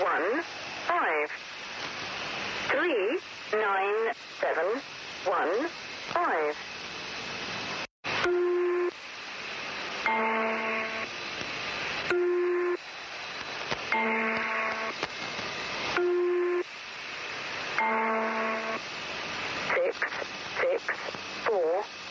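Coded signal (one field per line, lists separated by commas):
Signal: numbers station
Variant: Lincolnshire Poacher, English female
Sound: evenly paced, monotone synthetic-sounding spoken words under steady radio hiss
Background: radio static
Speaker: known as the Lincolnshire poacher this is what it sounds like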